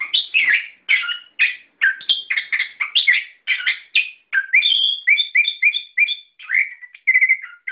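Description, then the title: Bird song of rapid chirped phrases repeated almost every half second, ending in a series of clearer whistled notes and a trilled run. "SuaraBurung Kicau4"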